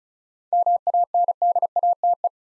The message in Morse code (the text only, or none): MANDATE